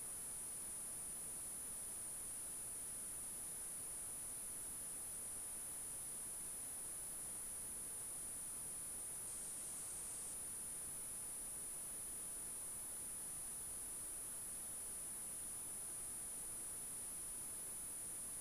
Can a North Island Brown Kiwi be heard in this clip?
no